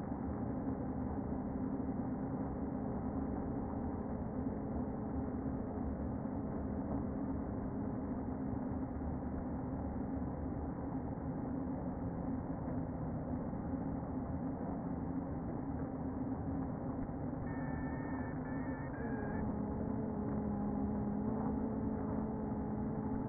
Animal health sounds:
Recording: honeybee colony, microphone inside the hive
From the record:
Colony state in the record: queen present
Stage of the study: before two queens were removed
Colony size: about 60,000 bees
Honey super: yes

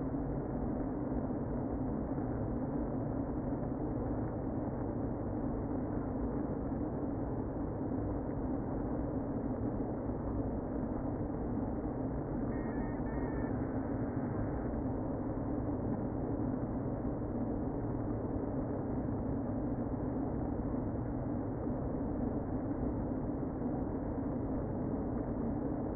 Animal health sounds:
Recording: honeybee colony, microphone inside the hive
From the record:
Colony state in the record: queen present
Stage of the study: before two queens were removed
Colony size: about 60,000 bees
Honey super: yes

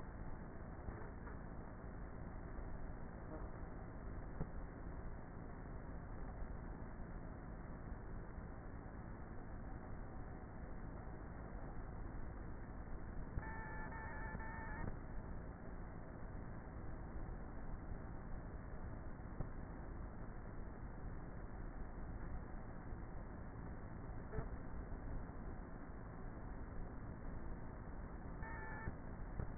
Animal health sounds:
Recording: honeybee colony, microphone inside the hive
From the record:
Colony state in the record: queenless with a low population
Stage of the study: before two queens were removed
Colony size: about 30,000 bees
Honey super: no

